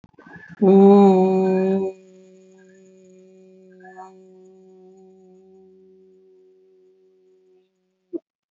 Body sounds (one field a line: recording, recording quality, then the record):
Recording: sustained vowel as in boot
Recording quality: excellent, no background noise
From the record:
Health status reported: healthy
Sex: female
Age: 53 years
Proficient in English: yes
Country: India